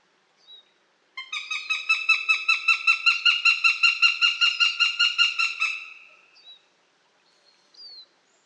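Eurasian goshawk giving a rapid, harsh cackling series of many even notes, fading at the end, with faint high chirps around it.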